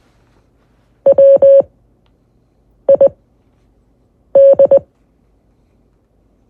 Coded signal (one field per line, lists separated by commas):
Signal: Morse code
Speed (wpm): 20 wpm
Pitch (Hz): 550 Hz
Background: none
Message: WID